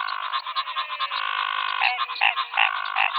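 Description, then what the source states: Frogs calling in a continuous overlapping chorus of nasal croaks and quick pulsed notes. Frog chorus, 'rush hour', Pantanal, Brazil, 2022.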